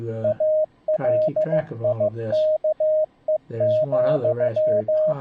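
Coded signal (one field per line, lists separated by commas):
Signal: Morse code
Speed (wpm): 15 wpm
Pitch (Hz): 620 Hz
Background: speech, radio noise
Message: ALIKE,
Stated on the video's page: CW ebook practice from an iCW eBook keyer, streamed through a Raspberry Pi's USB sound card to a Mumble iCW server.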